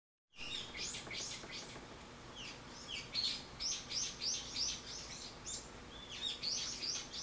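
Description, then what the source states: Bird chirping: a busy series of high, squeaky notes in irregular bursts, a few longer whistled tones mixed in, steady low hiss beneath. Recorded 24 March 2023.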